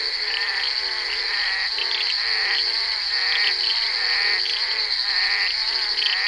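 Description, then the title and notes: Bullfrog croaks overlapping in an uneven pulsing chorus over a continuous shrill whine. Recorded during the filming of Bal poussière by Henri Duparc in February 1988. "crapaux buffle. enregistré sur le tournage Bal poussière dhenri duparc en février 1988"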